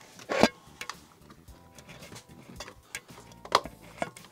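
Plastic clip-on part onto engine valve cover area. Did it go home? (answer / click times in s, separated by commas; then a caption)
no / none. During reassembly after a valve cover gasket replacement on a BMW E46 330i with the M54B30 engine, a plastic clip-on part is handled and pressed onto the valve cover area. Brief sharp handling taps come at about 0.4 s and 3.6 s over quiet background rustle. Nothing has seated or clicked yet.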